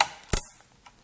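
A third plastic push pin of a CPU cooler is pressed into a motherboard hole, giving sharp clicks at 0.0 s and 0.3 s as it seats, followed by a faint tick near 0.9 s. The push pin is confirmed seated.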